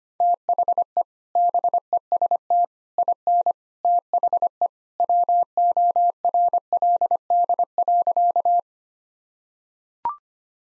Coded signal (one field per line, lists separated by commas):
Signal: Morse code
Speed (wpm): 25 wpm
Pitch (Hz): 700 Hz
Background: none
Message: THE BEST IN THE WORLD.